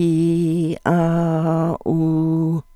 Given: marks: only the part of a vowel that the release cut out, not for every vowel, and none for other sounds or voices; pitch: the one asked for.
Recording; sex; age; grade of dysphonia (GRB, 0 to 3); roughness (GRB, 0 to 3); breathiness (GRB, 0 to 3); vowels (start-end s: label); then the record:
sustained vowels; female; 60 to 69 years; 2; 0; 2
0.00-0.67 s: vowel /i/, normal pitch
0.91-1.67 s: vowel /a/, normal pitch
1.93-2.49 s: vowel /u/, normal pitch
From the record:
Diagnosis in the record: functional dysphonia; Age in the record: 62 years